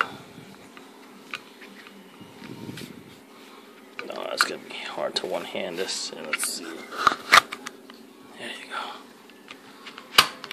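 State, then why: Seated. Someone talks while pushing a compact XDS pistol one-handed into a new N82 tactical polymer-shelled belt holster. A sharp, solid click sounds at 10.2 seconds as the holster's retention engages, and the pistol is seated.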